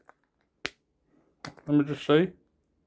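A battery cover is handled against the body of a Numifun nose trimmer, giving a faint tick near 0.1 s, a sharp click-like snap at 0.7 s and another tap at 1.5 s. Someone then talks. Nothing has seated or clicked into place yet.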